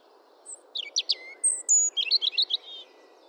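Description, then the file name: European robin sings a liquid phrase of scattered high notes, a long drawn whistle, then a fast run of sharp twitters, with faint low background noise. "Erithacus rubecula"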